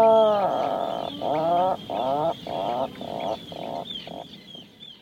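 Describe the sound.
Atlantic puffin giving a series of several low, harmonic groaning notes, mostly shorter and fainter toward the end.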